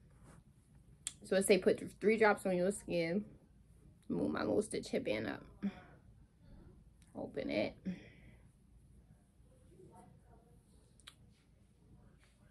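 Someone talks while twisting the cap on a small sealed serum bottle, which at first seems not to open. The cap then breaks its seal with a sharp click at 11.0 s and 11.1 s, and the bottle is opened.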